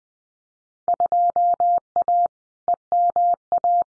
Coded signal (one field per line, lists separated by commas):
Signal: Morse code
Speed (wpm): 20 wpm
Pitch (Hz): 700 Hz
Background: none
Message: 2A EMA